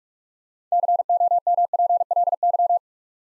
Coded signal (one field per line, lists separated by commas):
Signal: Morse code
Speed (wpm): 44 wpm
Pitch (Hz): 700 Hz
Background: none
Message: COMPLY